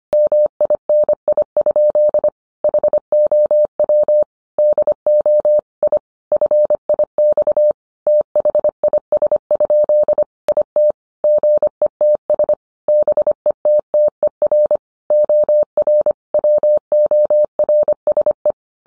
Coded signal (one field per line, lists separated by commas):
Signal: Morse code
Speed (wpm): 25 wpm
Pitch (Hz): 600 Hz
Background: none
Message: MINI? HOW DO I FIX THIS? IT GETS BETTER OR WORSE